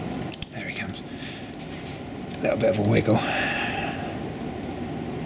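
A Brembo front brake pad wear sensor electrical connector is freed from its L-shaped caliper bracket by lifting the small plastic plate on the connector and twisting it. Two sharp clicks at 0.3 s and 0.4 s mark it popping out of the bracket's hooked arms, followed by softer handling noises while someone talks. The connector is released from the bracket.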